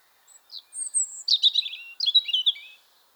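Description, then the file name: European robin song: a few thin high notes and a high whistle, then two bright warbling phrases of tumbling, tinkling notes, with silence before and after. "Erithacus rubecula"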